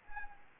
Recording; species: mosquito wingbeat signal from an infrared sensor; Anopheles arabiensis